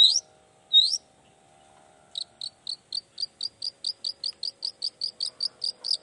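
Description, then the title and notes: Long-tailed shrike song: two loud slurred notes, a pause, then a fast even series of short doubled chips over a low hum. Cendet song in the morning, described as gacor (singing intensely) with toet toet variations, used to provoke other cendet into answering. "Cendet Gacor Dor Di Kala Pagi Toet Toet Variasi Suara. Cendet Gacor Pagi Hari Biangnya Bikin Cendet Manapun Langsung On Nyaut Buka Materi. Burung cendet"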